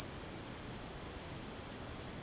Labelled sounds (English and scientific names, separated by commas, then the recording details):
none
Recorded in dense forest near Puerto Asís, Putumayo, Colombia, on 19 March 2025 at 15:00
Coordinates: 0.481, -76.323
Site G088